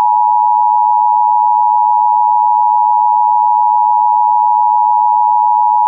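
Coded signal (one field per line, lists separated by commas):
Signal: Emergency Alert System (SAME) tones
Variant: 853 and 960 Hz attention tone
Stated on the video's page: Mock EAS alert tones for a simulated nuclear emergency at ORNL in East Tennessee.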